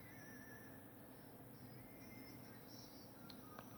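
During a transformation, a plastic armor panel on a toy robot is pressed into its body clip over a steady background hiss with faint tonal hum. Two short, sharp clicks at 3.3 and 3.6 seconds mark the panel snapping home, and it is clipped on.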